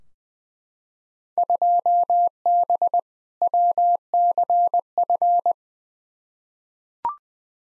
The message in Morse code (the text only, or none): 2B WCF